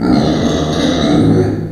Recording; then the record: squeal of a Yucatan mini pig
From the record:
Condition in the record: before surgery on the right vocal fold (resection and tissue-engineered implant); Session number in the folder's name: 3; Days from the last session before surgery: 0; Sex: female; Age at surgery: 19 weeks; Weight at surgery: 25 kg